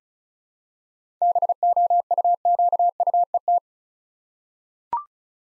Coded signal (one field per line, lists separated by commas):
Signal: Morse code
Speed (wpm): 36 wpm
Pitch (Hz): 700 Hz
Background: none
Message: BOUQUET